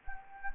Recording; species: mosquito wingbeat signal from an infrared sensor; Anopheles gambiae